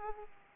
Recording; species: mosquito wingbeat signal from an infrared sensor; Aedes aegypti